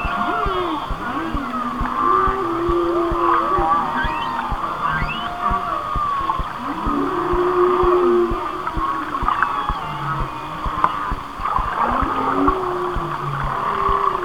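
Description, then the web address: Whale song with repeated gliding moans, looping whistles and high upsweeps, many calls overlapping over a constant hiss and faint clicks. "Natures Songs Whale Songs Whale Songs"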